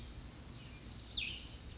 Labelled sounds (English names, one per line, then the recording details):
Cassin's Vireo
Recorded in Sonoma County, California